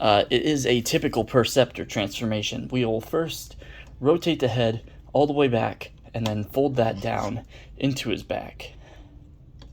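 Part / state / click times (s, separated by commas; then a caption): figure head folding into the figure's back / not seated / none. Someone talks while handling a plastic Transformers Studio Series Perceptor action figure during its transformation, rotating the figure's head all the way back to fold it down into the figure's back. Faint handling noises sit under the speech, and the clip ends before the head panel goes home, so nothing has seated or clicked yet.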